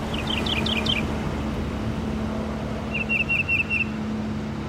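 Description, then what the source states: Mockingbird song: a quick burst of repeated high chirps, a brief pause, then a short run of five clear whistled notes at an even pitch, over a steady low hum and rumble. Mimicking song that includes bits of Carolina wren, blue jay and song sparrow.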